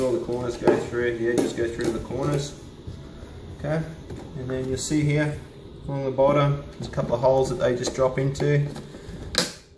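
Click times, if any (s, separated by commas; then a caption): 9.4 s. Someone talks while a new filter's corners are fitted through and it is dropped into the holes along the bottom of a Wertheim vacuum cleaner's filter housing, then the plastic filter cover is pressed firmly shut. One sharp snap is heard at 9.4 s as the cover snaps closed and seats.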